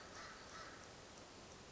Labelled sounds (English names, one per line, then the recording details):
American Crow
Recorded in Sonoma County, California